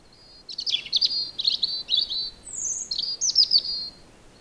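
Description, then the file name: European robin song, a run of high thin twittering and trilled notes with a sudden higher sweeping whistle midway, over quiet background hiss. "Erithacus rubecula"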